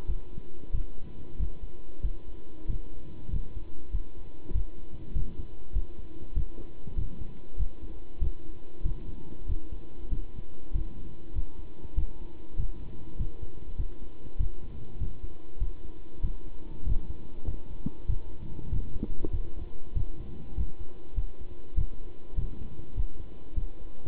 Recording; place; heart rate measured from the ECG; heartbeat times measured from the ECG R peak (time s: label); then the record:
heart sounds by stethoscope; between the tricuspid and mitral areas; 97 bpm
0.08 s: heartbeat
0.73 s: heartbeat
1.39 s: heartbeat
2.03 s: heartbeat
2.68 s: heartbeat
3.32 s: heartbeat
3.92 s: heartbeat
4.54 s: heartbeat
5.15 s: heartbeat
5.74 s: heartbeat
6.35 s: heartbeat
6.97 s: heartbeat
7.58 s: heartbeat
8.21 s: heartbeat
8.84 s: heartbeat
9.48 s: heartbeat
10.11 s: heartbeat
10.74 s: heartbeat
11.34 s: heartbeat
11.96 s: heartbeat
12.58 s: heartbeat
13.19 s: heartbeat
13.78 s: heartbeat
14.39 s: heartbeat
15.00 s: heartbeat
15.60 s: heartbeat
16.23 s: heartbeat
16.85 s: heartbeat
17.47 s: heartbeat
18.08 s: heartbeat
18.71 s: heartbeat
19.32 s: heartbeat
19.95 s: heartbeat
20.56 s: heartbeat
21.16 s: heartbeat
21.77 s: heartbeat
22.37 s: heartbeat
22.96 s: heartbeat
23.56 s: heartbeat
From the record:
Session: pedaling a stationary bicycle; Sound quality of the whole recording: good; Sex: male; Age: 27 years